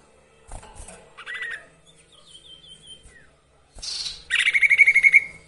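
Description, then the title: Sirtu song with scattered soft chirps and a thin whistle, then a loud, fast, evenly pulsed trill at the close, over faint background noise. Varied song used for training songbirds. "Masteran Sirtu Full Variasi"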